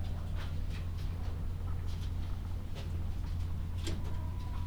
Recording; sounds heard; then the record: poultry house recording; sick chickens (respiratory disease)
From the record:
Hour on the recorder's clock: 12